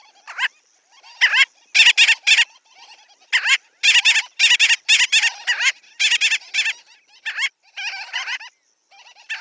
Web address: Schulze Peter Gull-billed Tern